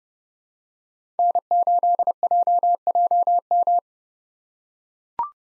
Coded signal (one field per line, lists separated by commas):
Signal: Morse code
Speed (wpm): 30 wpm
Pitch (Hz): 700 Hz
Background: none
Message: N8JJM